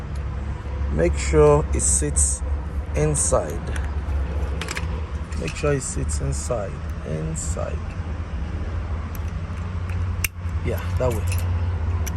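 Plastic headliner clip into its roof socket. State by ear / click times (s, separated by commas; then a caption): seated / 10.2 s. A plastic car headliner retaining clip is pushed into its hole in the roof while someone talks over a steady low hum. A sharp click at 10.3 s marks the clip seating into its roof socket.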